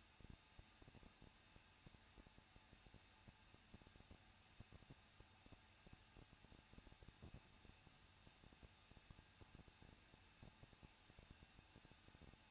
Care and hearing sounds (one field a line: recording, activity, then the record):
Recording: daily activity, microphone in the room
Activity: no activity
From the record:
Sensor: 2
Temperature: 21.0 degrees Celsius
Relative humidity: 37.4%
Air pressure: 1006.2 hPa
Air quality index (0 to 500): 222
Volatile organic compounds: 24 ppm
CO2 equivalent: 2821 ppm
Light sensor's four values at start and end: 2/3/2/2 and 2/3/2/2